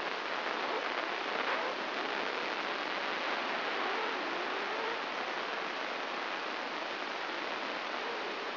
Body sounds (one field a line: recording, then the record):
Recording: brain microelectrode recording played as sound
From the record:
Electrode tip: inside the subthalamic nucleus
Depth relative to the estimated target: 0 mm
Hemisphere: right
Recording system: AlphaMap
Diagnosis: Parkinson's disease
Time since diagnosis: 10 years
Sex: female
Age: 63 years